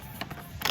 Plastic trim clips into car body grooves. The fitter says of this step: broke but they'll still hold just gotta hear them click click click click and they're good